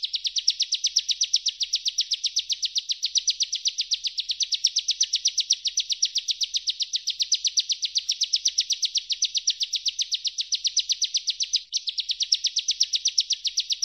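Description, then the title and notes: Bar-winged Prinia singing a long, unbroken, rapid run of sharp high notes, several per second, with a brief hitch near twelve seconds and a clean background. Ngebren-style song, used as tutor audio for training White-rumped Shamas. "Ciblek Ngebren Untuk Masteran Murai Batu. Suara burung ciblek"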